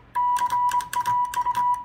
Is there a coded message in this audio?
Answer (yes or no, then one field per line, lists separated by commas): yes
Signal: Morse code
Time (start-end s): 0.2-1.7 s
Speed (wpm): 24 wpm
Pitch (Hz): 980 Hz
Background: none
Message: CAU